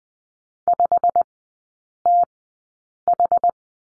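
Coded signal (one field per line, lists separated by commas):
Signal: Morse code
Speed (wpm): 20 wpm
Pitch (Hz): 700 Hz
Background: none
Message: 5TH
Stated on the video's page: Morse code course lesson on the letter M, three-character groups, sent at Farnsworth speed 20/10 wpm.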